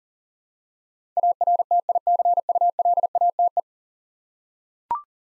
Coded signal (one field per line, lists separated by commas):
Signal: Morse code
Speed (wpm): 40 wpm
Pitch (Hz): 700 Hz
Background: none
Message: ARTICULATE